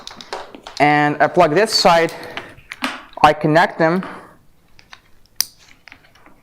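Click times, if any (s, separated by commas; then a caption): 5.4 s. A battery connection cable is plugged into a power station to join it to an expansion battery. Someone talks through the first half while small taps and handling sounds occur. A sharp click at 5.4 s shows the connector seating.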